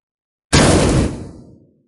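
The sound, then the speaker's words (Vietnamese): A heavy cast-alloy room door is kicked open by a person, deforming it: one sudden, loud, full-bodied crash that holds for half a second, then trails off in a rumbling, rattling decay. No voices. “Cửa phòng bị một người đạp tung ra, cửa phòng đúc bằng hợp kim đã bị đá cho biến dạng.”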